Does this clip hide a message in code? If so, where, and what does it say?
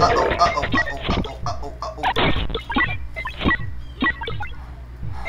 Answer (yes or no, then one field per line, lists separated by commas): no